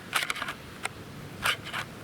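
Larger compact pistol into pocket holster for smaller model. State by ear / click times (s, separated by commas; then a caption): not seated / none. A Ruger LCP Max pocket pistol is pushed into a pocket holster made for the smaller LCP II, producing short scraping and rubbing bursts with small taps near 0.2 s and 0.9 s and more scraping around 1.5 s and 1.8 s. The pistol does not click into the holster, and nothing has seated; it is left with a little wiggle.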